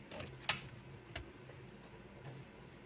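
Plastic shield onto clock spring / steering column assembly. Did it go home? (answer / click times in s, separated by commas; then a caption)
yes / 0.5 s. The rest of a plastic shield is snapped onto the back of the clock spring and steering column assembly of a 2016-2022 Mercedes-Benz GLC, its grooves lining up so it locks together. A brief rustle at 0.1 s leads to a sharp, bright snap at 0.5 s, followed by a fainter tick near 1.2 s over a low hum. The shield is seated at 0.5 s.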